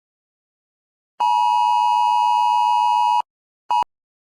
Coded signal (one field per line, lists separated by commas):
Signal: Emergency Alert System (SAME) tones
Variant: 853 and 960 Hz attention tone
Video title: EAS TEST PHONE 2